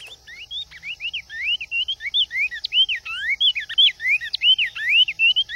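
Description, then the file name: Cinnamon tanager delivering a rushing warble of sweet curved whistles, building slightly in loudness and keeping a quick, irregular pace. "Canto do bico de veludo"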